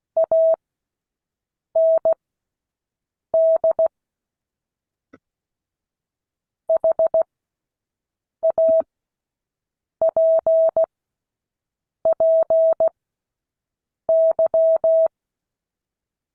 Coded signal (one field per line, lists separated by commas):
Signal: Morse code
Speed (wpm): 16 wpm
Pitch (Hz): 650 Hz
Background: none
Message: AND HAPPY